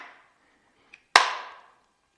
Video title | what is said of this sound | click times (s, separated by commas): 2019-2022+ LINCOLN AVIATOR 5-dr SUV with Flush Side Rails - Best Thule's Roof Rack Crossbars | and with that snapped into place we can give this plastic plug a quarter turn and that'll hold that cover into place | 1.2 s